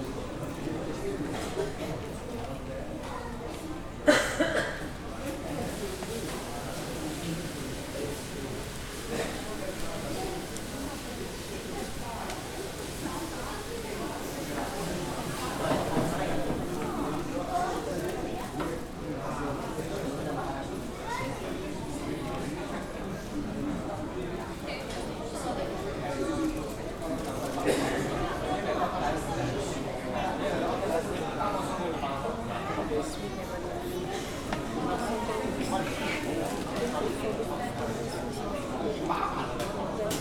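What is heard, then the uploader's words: Airport boarding area ambience: a steady, dense murmur of many voices talking, with no single speaker standing out. A brief sharp knock or clatter rings out near the four-second mark, and the crowd noise swells slightly later on. Vienna Airport Boarding, ambient environmental noise.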